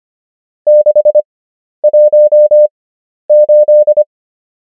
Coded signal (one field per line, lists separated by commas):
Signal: Morse code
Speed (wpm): 25 wpm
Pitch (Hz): 600 Hz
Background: none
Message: 618